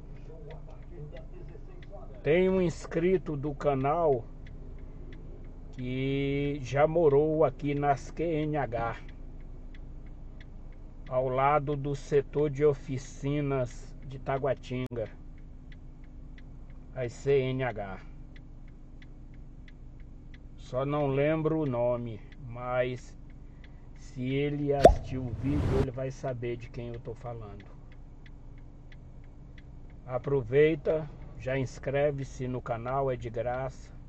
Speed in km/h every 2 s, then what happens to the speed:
0, 0, 0, 0, 0, 0, 0, 0, 0, 0, 0, 0, 0, 0, 0, 0, 0.
0-34 standing.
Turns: none.